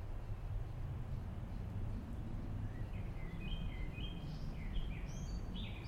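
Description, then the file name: Common blackbird song, a sequence of short whistled notes beginning about halfway through, above constant low background rumble. "merle"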